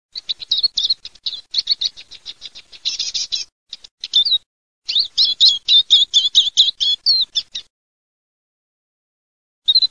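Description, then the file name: Eurasian siskin song, fast twittering high notes mixed with short buzzy trills, a brief pause, then a second rapid run and one last note. "LUCHERINI"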